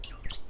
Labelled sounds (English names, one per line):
Stitchbird song